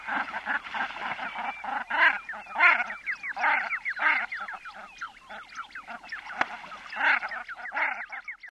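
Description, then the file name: Common shelducks calling together, a dense run of nasal, cackling notes threaded with thin rising whistles, several birds overlapping throughout. "bergeend"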